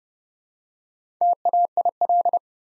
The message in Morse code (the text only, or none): TAIL